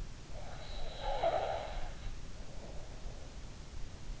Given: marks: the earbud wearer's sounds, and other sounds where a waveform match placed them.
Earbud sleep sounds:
sounds in sleep by an in-ear microphone; snoring breath
0.48-3.09 s: snoring breath

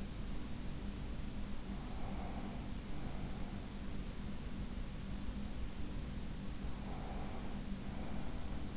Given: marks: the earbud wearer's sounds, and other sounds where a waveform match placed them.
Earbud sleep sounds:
sounds in sleep by an in-ear microphone; breath
1.99-4.02 s: breath
6.88-8.76 s: breath

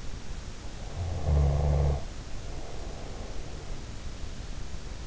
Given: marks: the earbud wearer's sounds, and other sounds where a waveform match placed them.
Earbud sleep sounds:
sounds in sleep by an in-ear microphone; snoring breath
0.79-4.03 s: snoring breath

